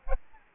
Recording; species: mosquito wingbeat signal from an infrared sensor; Aedes albopictus